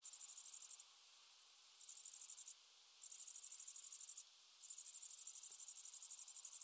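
Grasshopper stridulating in high, rapidly pulsed buzzy bursts separated by quieter gaps.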